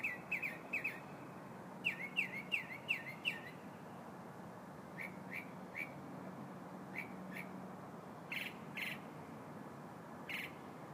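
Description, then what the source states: Bird chirps, short notes delivered in quick groups of a few, with pauses between groups. Recorded in the morning, 4 February 2015.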